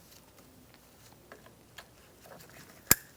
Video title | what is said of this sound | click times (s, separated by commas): How to Replace Power Window Motor & Regulator Assemblies 2007-2017 Ford Expedition | Make sure you hear the click when you plug them in. | 2.9 s